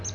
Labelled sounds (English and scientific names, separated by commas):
Palm Warbler (Setophaga palmarum) flight call